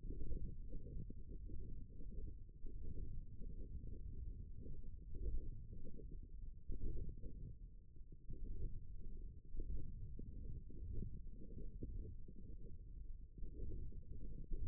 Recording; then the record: forearm muscle sounds (acoustic myography)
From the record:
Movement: ulnar deviation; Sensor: system 1, eight BSWA MPA416 microphones around the upper forearm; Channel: 4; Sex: male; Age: 18 years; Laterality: right